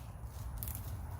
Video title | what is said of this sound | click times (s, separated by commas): HOW TO STORE GARLIC-EASY METHOD | i tell you here the first couple of little clicks that's far enough there's gonna be plenty enough | 0.6 s, 0.7 s, 0.8 s